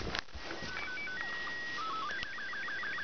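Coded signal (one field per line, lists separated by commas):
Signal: SSTV (slow-scan television)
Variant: Robot 36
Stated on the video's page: Homemade baseband transmitter: LM741 inverting amplifier fed from a PC sound card into a wire on an earth dipole, received by a PSP.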